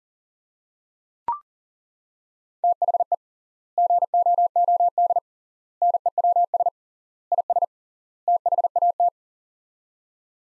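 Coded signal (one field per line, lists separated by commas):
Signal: Morse code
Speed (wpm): 40 wpm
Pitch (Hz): 700 Hz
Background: none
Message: THE GOOD NEWS IS THAT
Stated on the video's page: Morse practice in sets of five words at 40 wpm with 3x word spacing, a Farnsworth-like method using words.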